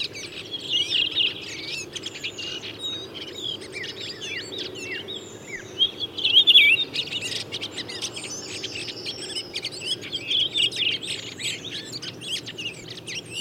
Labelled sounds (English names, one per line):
Redwing song